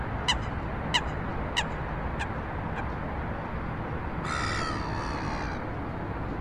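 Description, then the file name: Gull calls: several short, sharp cries, then one longer drawn-out wail, over a steady background roar. "mouettes"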